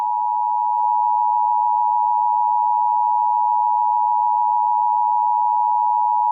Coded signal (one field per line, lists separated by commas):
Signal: Emergency Alert System (SAME) tones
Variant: 853 and 960 Hz attention tone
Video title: EAS Scenario #1 - Roj Invasion